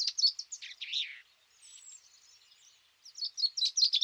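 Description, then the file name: Common chaffinch song fragments: quick sharp notes and a descending rattle, a faint high squeak in the pause, then another burst of rapid chipping notes. "Fringilla coelebs"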